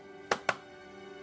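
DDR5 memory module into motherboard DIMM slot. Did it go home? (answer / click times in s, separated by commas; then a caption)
yes / 0.3 s, 0.5 s. A DDR5 memory module is pressed into a motherboard DIMM slot, and its retention latches snap shut with two sharp clicks at 0.3 s and 0.5 s over a faint steady hum. The clicks are solid but not very loud, and the module is seated.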